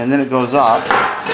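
The aluminum access door of a 2009 22-inch WSM bullet charcoal smoker is wedged into its opening in the middle section and slid upward while someone talks over the handling. The door has not locked in place yet, and nothing has seated or clicked.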